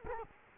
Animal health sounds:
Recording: mosquito wingbeat signal from an infrared sensor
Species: Culex quinquefasciatus

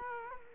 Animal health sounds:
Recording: mosquito wingbeat signal from an infrared sensor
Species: Culex quinquefasciatus

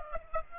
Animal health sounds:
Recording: mosquito wingbeat signal from an infrared sensor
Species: Aedes aegypti

